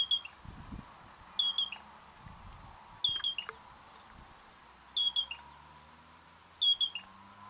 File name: Yellow breasted Crake Porzana flaviventer